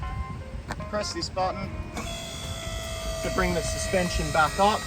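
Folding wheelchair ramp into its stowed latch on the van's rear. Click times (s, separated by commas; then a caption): 0.7 s. The manual, spring-loaded rear wheelchair ramp of a 2017 Nissan Serena wheelchair-accessible van is lifted up into its stowed position, giving a single sharp click at 0.7 s as it latches into place. Someone talks afterward, and music comes in over steady background tones in the second half. The ramp ends up seated in its stowed latch.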